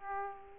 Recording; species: mosquito wingbeat signal from an infrared sensor; Aedes aegypti